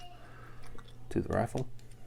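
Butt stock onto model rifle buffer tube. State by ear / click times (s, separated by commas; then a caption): not seated / none. Someone talks while handling the small metal butt stock of a 1:3 scale model AR-15, bringing it to the rear of the rifle onto the buffer tube, with faint light taps around 0.8 s, 0.9 s and 1.9 s. Nothing has seated or clicked yet; the clip ends before the butt stock snaps into place.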